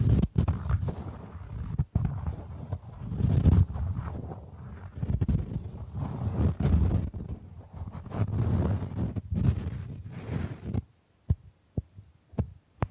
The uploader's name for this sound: Bamboo Tapping, Scratching and Brushing Sounds